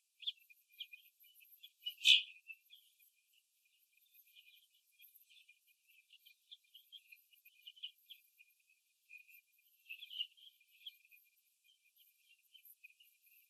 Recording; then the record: young laying hens in a cage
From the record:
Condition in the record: after the stressor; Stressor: simulated dog barking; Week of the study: 2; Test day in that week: 3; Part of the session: 1